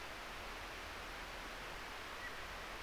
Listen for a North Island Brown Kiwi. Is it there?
no